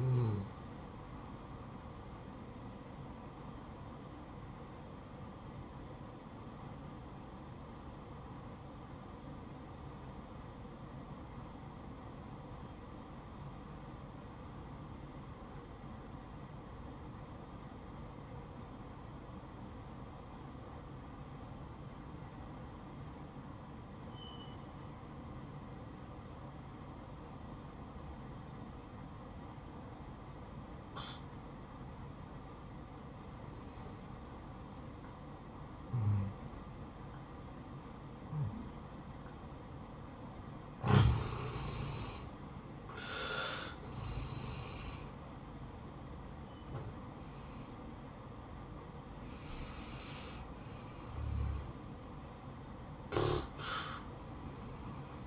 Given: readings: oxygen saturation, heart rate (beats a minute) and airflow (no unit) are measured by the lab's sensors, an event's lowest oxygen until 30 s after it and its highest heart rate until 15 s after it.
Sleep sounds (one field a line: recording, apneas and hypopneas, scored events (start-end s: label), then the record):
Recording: breathing in sleep by a smartphone at the bedside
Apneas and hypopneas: 1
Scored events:
5.00-35.00 s: new sleep stage, N2 (light sleep)
5.00-43.10 s: obstructive apnea (N2, oxygen 96% highest, then 85% lowest, heart rate 64 at the start, 72 highest)
35.00-55.27 s: new sleep stage, N1 (lightest sleep)
From the record:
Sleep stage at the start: N1 (lightest sleep)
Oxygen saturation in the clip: 84 to 96%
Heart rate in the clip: 57 to 72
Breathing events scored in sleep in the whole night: 573 in 9.8 hours asleep